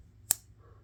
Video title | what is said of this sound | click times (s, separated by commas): THE ULTIMATE KNIFE REVIEW: CHECKING THE WALK AND TALK (PART 4) | snaps into place good | 0.3 s